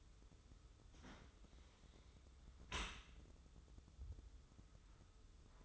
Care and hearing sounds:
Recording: daily activity, microphone in the room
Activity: close dishwasher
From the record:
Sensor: 3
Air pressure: 995.7 hPa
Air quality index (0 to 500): 97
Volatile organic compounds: 14 ppm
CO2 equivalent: 2434 ppm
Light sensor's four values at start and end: 29/87/36/32 and 29/87/36/32

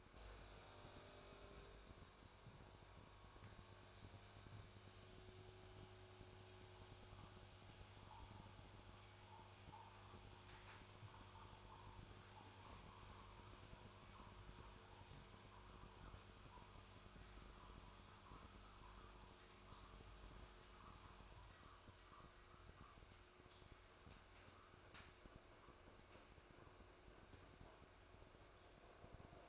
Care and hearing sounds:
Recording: daily activity, microphone in the room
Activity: make coffee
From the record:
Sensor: 2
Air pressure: 1004.1 hPa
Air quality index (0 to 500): 192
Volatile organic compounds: 11 ppm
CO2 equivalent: 2298 ppm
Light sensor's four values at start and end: 4/11/4/4 and 4/11/4/4

